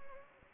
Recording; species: mosquito wingbeat signal from an infrared sensor; Anopheles gambiae